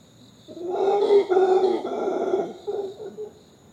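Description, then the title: Howler monkey howl: a rough, harmonic roar swelling for about two seconds, then a few shorter grunting bursts, over a steady high cricket hum. Female at dawn on a hot early morning, emerging from the canopy, eating leaves and stretching after the night's sleep; crickets chirping. "Reserva Conchal: howlers at dawn"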